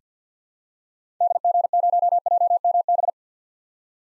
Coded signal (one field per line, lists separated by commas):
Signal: Morse code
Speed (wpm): 50 wpm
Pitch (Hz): 700 Hz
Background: none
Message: DG0JMB